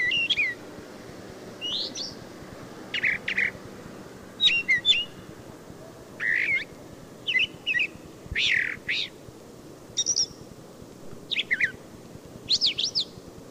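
Brown thrasher song: a long string of varied phrases, several of them repeated, separated by short pauses over a background of low noise.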